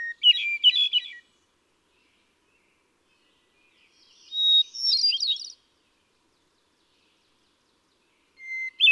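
Hermit thrush song phrases spaced about four seconds apart: a fluty tumbling phrase, then a higher shimmering one, then another long whistled opening note.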